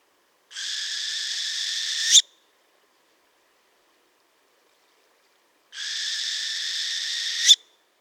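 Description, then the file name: Northern hawk-owl with two raspy, noisy hisses of nearly two seconds each, closing with an abrupt snap, spaced roughly three and a half seconds apart in a quiet background. "sowa jarzebata Surnia ulula"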